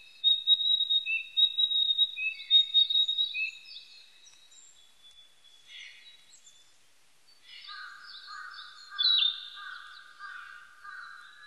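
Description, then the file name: Narcissus flycatcher song, a thin high whistled run with lower chirps for several seconds, then quieter twittering notes and a lower rattling series toward the end. Recorded 25 April 1998. "980425 kibitaki"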